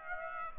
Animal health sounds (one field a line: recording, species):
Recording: mosquito wingbeat signal from an infrared sensor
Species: Aedes aegypti